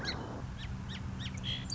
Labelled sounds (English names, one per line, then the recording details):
Song Sparrow
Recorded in Sonoma County, California